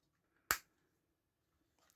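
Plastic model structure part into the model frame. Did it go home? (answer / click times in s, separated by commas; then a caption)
yes / 0.5 s. A plastic side-structure part of a Millennium Falcon scale model is pushed into its mount on the model frame, giving one sharp, small click at 0.5 s that fades quickly. The click means the part is properly inserted and seated, and only faint soft handling noises follow near the end.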